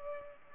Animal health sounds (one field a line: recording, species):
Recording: mosquito wingbeat signal from an infrared sensor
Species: Culex pipiens